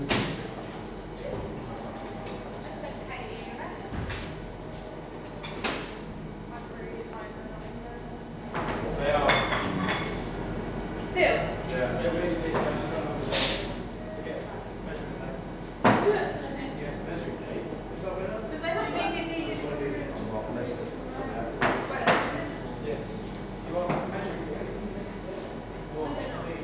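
A coffee shop hums with steady overlapping chatter, a low constant rumble underneath, and sharp clinks and clatters breaking through every few seconds.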